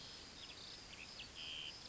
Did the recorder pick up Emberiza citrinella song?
no